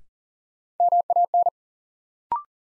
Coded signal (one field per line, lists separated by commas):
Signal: Morse code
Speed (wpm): 37 wpm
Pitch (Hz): 700 Hz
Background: none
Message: MAN